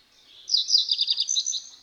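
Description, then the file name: Common reed bunting song: one dense, rapid burst of high, slightly buzzy twittering notes lasting just over a second. "Potrzos"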